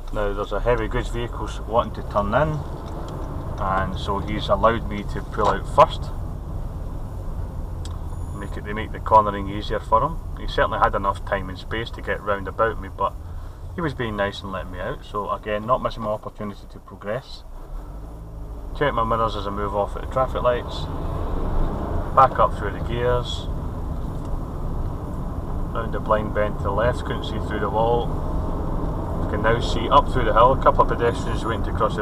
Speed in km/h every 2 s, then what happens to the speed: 3, 13, 18, 16, 15, 10, 8, 3, 0, 0, 16, 21, 24, 26, 31, 35.
0-5 speeds up to 18. 5-15 slows to 0. 15-18 standing. 18-32 pulls away to 35.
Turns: 0-4.